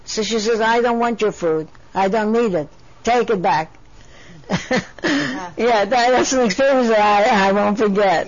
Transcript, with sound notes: So she says, "I don't want your food. I don't need it. Take it back." (She laughs.) Yeah, that's an experience I had, I won't forget.